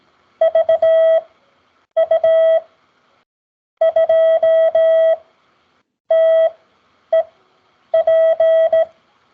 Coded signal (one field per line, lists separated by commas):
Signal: Morse code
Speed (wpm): 17 wpm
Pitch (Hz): 650 Hz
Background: none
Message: VU2TEP